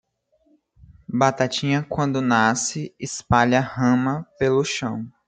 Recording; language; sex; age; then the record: short text; Brazilian Portuguese; female; 20 to 29 years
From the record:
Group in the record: control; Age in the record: 22 years